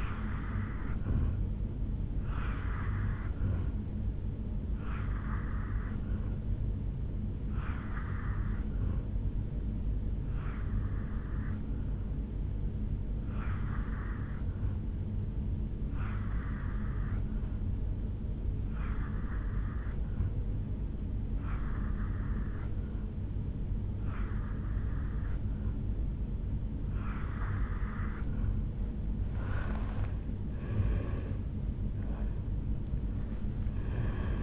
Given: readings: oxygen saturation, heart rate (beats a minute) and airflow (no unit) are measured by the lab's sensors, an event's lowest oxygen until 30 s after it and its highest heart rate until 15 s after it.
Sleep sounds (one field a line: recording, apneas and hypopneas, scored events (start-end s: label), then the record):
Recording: breathing in sleep by a smartphone at the bedside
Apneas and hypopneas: 1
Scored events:
5.00-30.00 s: hypopnea (N2, oxygen 89% highest, then 86% lowest, heart rate 77 at the start, 79 highest)
22.00-34.43 s: new sleep stage, N1 (lightest sleep)
From the record:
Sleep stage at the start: N2 (light sleep)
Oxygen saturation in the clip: 84 to 89%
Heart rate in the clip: 73 to 78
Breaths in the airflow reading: 10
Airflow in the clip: -7.0 to 4.8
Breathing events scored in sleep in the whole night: 449 in 7.0 hours asleep